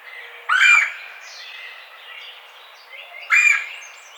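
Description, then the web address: Red-bellied woodpecker calling twice, each a harsh rolling churr, about three seconds apart. Recorded 4 May 2009. "Red-bellied Woodpecker 2009 05 04"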